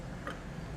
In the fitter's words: your arm will lock into place and you can attach your cross bar here or your tow bar depending on the type of tow